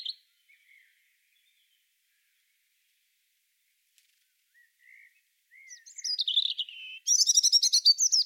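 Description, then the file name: European robin song: a few faint thin notes, then a loud tumbling phrase of high, varied trills and sharp warbled notes near the end, with no other sounds. "Erithacus rubecula"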